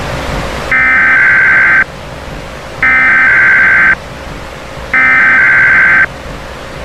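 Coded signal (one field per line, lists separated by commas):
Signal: Emergency Alert System (SAME) tones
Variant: header bursts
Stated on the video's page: Unfinished fictional scenario in stereo audio, with sounds possibly on the left or right channels.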